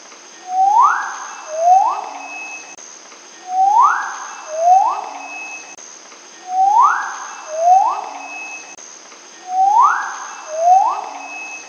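Magnificent riflebird giving loud whistled calls in pairs, each note sweeping sharply upward then levelling, the pair repeated about every three seconds over a faint steady hum.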